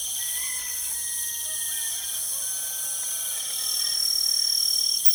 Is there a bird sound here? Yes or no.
yes